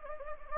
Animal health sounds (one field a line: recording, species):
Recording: mosquito wingbeat signal from an infrared sensor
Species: Anopheles gambiae